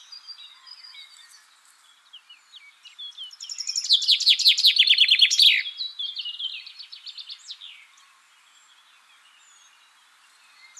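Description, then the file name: Common chaffinch song: a single loud cascading trill of descending notes ending in a flourish, set among quieter scattered chirps and whistles from other birds. "Fringilla coelebs"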